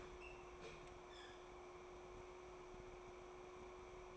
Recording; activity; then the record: daily activity, microphone in the room; open fridge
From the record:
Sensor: 1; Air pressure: 1004.6 hPa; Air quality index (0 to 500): 194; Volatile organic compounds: 16 ppm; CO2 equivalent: 2561 ppm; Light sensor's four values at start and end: 4/10/4/4 and 4/10/4/4